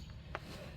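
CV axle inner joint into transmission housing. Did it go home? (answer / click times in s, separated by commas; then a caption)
yes / 0.3 s. The inner end of a new steel CV axle is rocked into the transmission housing of a 2008 Nissan Quest until its lock pin clip engages. Over a steady low hum, a single sharp, short snap is heard at 0.4 s as the axle seats fully home.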